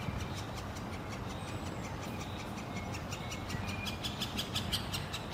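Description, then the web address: Middle spotted woodpecker calling, a fast continuous series of dry ticks, with faint thin whistled notes and a low rumbling hum underneath. Juvenile bird, Tivoli landscape park in Ljubljana, recorded 2 June 2022. "SREDNJI DETEL mladič 2022-06-02 LJUBLJANA Krajinski park Tivoli PICIFORMES Dendrocopos medius"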